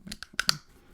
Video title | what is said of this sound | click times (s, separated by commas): NEW Brio Beardscape V1+ - Best Version Yet! | and it snaps. Snaps right in. And it's very solid. | 0.4 s, 0.5 s